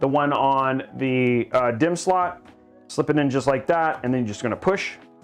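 A DDR4 memory stick is lined up with the key on a motherboard DIMM slot and slipped in, ready to be pushed down until the plastic retention clips snap shut. Someone talks throughout while handling it. Nothing has seated or clicked yet.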